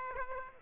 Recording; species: mosquito wingbeat signal from an infrared sensor; Aedes aegypti